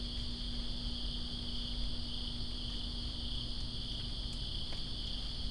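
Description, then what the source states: A dense cricket chorus holds a high, unbroken shimmer throughout, over steady rainfall and a low hum. In rain, Greensboro, 2017-09-02.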